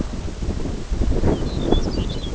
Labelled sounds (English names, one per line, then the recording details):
Lapland Longspur
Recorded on Arctic tundra, site NAIT-1, on 21 June 2018
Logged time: 17:00